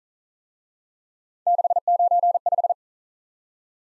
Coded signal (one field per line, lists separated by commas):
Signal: Morse code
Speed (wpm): 42 wpm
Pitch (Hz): 700 Hz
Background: none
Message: 695